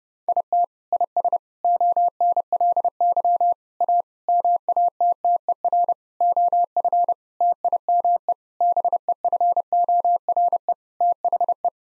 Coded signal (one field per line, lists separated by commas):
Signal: Morse code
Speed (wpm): 30 wpm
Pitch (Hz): 700 Hz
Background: none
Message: IT IS ONLY A MATTER OF TIME BEFORE THE